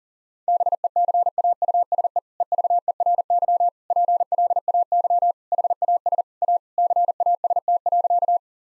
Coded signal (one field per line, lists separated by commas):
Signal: Morse code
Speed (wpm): 40 wpm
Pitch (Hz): 700 Hz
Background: none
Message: BECAUSE EVERY PLAY HAS A CAST.